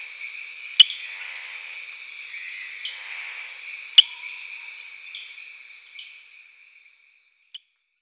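Eleutherodactylus inguinalis frog making sharp clicks, two about three seconds apart then a third after the insect chorus fades to silence.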